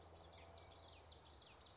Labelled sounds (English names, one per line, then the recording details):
Common Yellowthroat
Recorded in Sonoma County, California